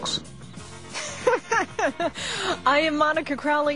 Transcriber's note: laughs